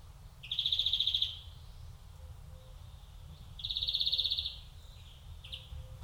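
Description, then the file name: European greenfinch call, two loud buzzy rattling trills about three seconds apart, then a soft chip, over low background hum. "Chloris chloris"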